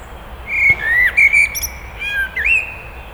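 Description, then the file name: Eurasian blackbird song: clear, flute-like whistles gliding between notes, mixed with brief high squeaky flourishes, loud against a soft background. "Turdus merula"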